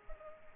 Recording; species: mosquito wingbeat signal from an infrared sensor; Aedes aegypti